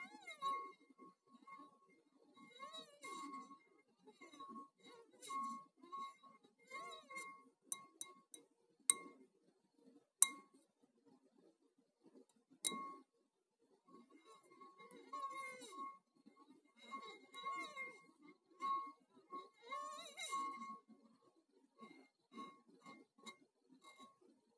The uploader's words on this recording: ASMR - Glass sounds.